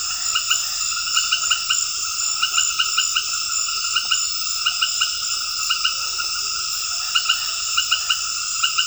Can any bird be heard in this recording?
no